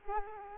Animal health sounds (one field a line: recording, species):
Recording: mosquito wingbeat signal from an infrared sensor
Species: Culex quinquefasciatus